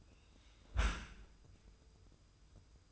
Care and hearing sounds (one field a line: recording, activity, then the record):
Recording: daily activity, microphone in the room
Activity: close dishwasher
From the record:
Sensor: 2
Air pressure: 990.3 hPa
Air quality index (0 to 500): 207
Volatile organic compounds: 1000 ppm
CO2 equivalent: 6632 ppm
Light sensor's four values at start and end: 24/58/24/24 and 24/57/24/24